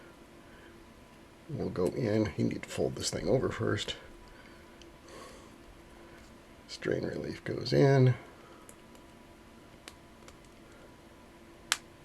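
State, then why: Seated. Someone talks while a ribbon cable is folded over on a second IDC connector and a plastic strain relief clip is pushed onto it, with a few faint ticks along the way. A single sharp click at 11.7 s marks the strain relief seating onto the connector.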